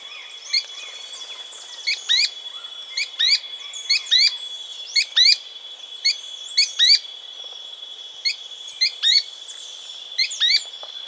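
Ochre-cheeked Spinetail calls: sharp, high, upward-slurred notes, often in pairs, repeated roughly every second, over a steady high whine.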